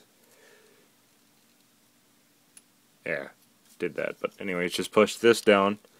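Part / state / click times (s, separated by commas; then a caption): plastic transforming figure part into its locked position on the figure body / not seated / none. A part of a plastic Transformers Prime Beast Hunters Predacons Rising Deluxe Skylynx transforming figure is handled while being pushed down toward its locked position on the figure body, with faint handling noise and a brief sharp tick near 2.6 seconds. Someone talks from about 3 seconds to the end. Nothing has seated or clicked yet.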